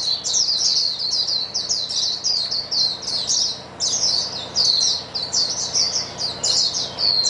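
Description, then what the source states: Many white-eyes chattering in quick high bursts of slurred chirps, the flurries swelling and easing, with a short lull near four seconds. Chorus of many white-eyes singing together.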